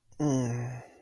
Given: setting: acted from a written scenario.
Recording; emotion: vocal sound without words; desire